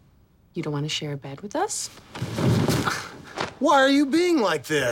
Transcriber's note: soundbite of stripping sheets from bed